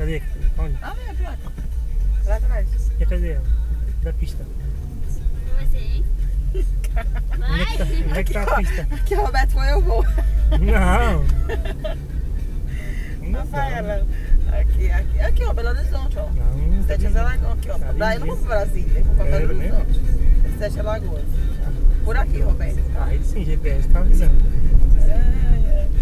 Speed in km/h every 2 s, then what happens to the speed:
8, 11, 16, 17, 18, 26, 30, 34, 37, 43, 48, 50, 46.
0-21 speeds up to 50.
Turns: none.